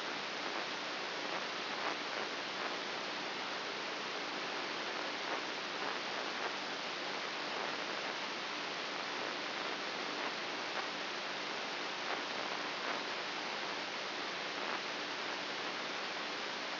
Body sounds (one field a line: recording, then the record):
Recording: brain microelectrode recording played as sound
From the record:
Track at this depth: inside the subthalamic nucleus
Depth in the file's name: 3.64 mm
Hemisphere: right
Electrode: 2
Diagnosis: Parkinson's disease